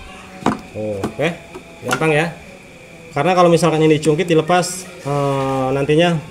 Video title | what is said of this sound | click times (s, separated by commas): KONTAK ON FUEL PUMP TIDAK DENGUNG..‼️MOGOK | Klek. Nah, sampai suara bunyi klek, lalu ditarik. | 0.5 s